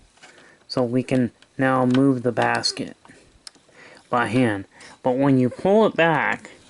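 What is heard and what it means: Someone talks while the cassette basket of a Betamax VCR with a 711B3 chassis is moved by hand and pulled back toward its small tab lock. Brief sharp ticks occur around 3.5 s and at the very end, but nothing has seated or clicked into place yet.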